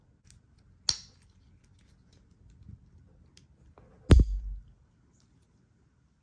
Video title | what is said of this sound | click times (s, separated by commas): DIY Anderson Plug Fitting using basic tools Beginner’s Guide 50 Amp, Solar & 12V Basics also removal | And the same story, you'll hear it click. | 0.9 s